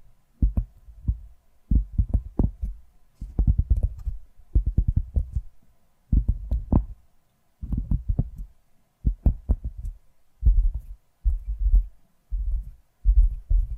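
ASMR tapping in quick clustered bursts, each group a rapid run of soft, thudding knocks lasting about a second before a short pause. The taps are mostly low and dull with faint brighter clicks, repeating steadily through the clip over a quiet background.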